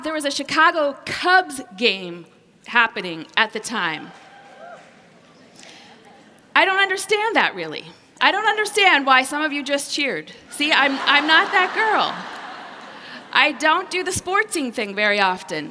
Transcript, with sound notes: there was a Chicago Cubs game happening at the time. I don’t understand that, really. I don’t understand why some of you just cheered! (laughter) See, I’m not that girl. I don’t do the sport team thing very often.